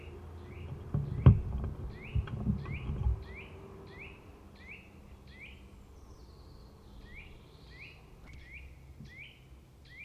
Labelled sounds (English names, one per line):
Eurasian Nuthatch call